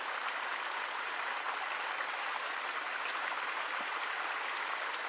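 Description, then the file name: Bluish flowerpiercer song, a very high thin twittering run of rapid sibilant notes slowly wavering and descending, continuous for several seconds, over a mid-range background hiss. "Canto do diglosa azul"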